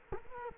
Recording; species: mosquito wingbeat signal from an infrared sensor; Culex quinquefasciatus